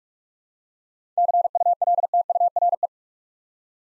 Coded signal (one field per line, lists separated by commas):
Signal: Morse code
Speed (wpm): 44 wpm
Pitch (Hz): 700 Hz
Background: none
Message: CULTURE